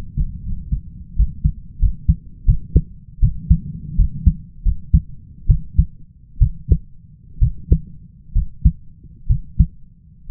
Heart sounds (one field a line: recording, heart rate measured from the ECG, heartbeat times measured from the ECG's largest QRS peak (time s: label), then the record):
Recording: heart sounds by stethoscope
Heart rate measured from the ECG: 73 bpm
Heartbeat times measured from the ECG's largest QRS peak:
0.43 s: heartbeat
1.16 s: heartbeat
1.79 s: heartbeat
2.45 s: heartbeat
3.20 s: heartbeat
3.96 s: heartbeat
4.63 s: heartbeat
5.47 s: heartbeat
6.39 s: heartbeat
7.39 s: heartbeat
8.33 s: heartbeat
9.27 s: heartbeat
10.28 s: heartbeat
From the record:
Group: healthy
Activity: rest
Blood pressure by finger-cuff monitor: 133/76 mmHg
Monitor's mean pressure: 92 mmHg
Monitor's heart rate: 79 bpm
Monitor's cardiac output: 5.6 L/min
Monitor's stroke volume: 67 mL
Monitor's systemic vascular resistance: 1170 dyn s/cm5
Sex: male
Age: 20 years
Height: 167 cm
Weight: 61 kg